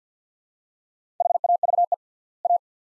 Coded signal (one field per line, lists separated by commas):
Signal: Morse code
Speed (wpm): 50 wpm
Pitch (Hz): 700 Hz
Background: none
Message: HAVE A